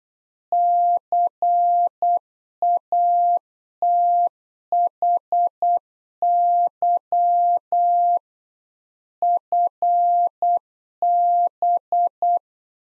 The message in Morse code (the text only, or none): CATHY FB